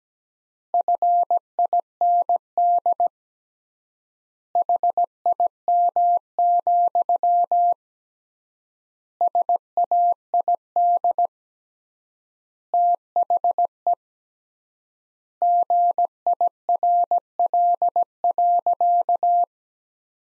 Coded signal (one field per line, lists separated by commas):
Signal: Morse code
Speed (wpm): 17 wpm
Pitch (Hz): 700 Hz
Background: none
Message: FIND HIM, SAID THE GIRL.